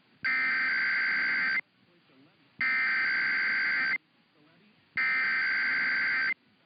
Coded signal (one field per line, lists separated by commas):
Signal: Emergency Alert System (SAME) tones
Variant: header bursts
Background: speech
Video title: [EAS #2011-#2017] The Final Set of Tests of 2022 (12/27/22 - 12/31/22)